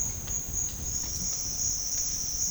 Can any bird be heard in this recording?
no